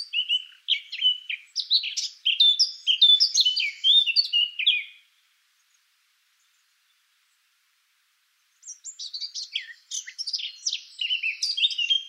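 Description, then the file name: Eurasian blackcap song: a long, busy warbled phrase of sharp varied notes lasting five seconds, a silent gap, then another rapid phrase. "Sylvia atricapilla"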